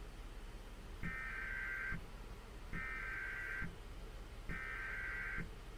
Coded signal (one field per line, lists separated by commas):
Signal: Emergency Alert System (SAME) tones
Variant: header bursts